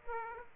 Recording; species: mosquito wingbeat signal from an infrared sensor; Aedes aegypti